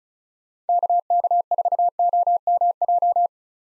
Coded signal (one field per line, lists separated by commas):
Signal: Morse code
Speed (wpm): 36 wpm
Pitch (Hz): 700 Hz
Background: none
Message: KK4OMJ